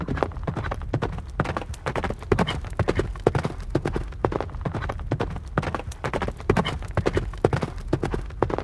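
Horse hoofbeats, a continuous uneven clatter of hard knocks.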